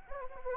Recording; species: mosquito wingbeat signal from an infrared sensor; Anopheles arabiensis